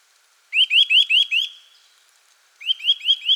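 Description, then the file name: Eurasian nuthatch giving loud rising whistled notes in two fast runs, five notes then four, separated by about a second of quiet. "Sitta europaea"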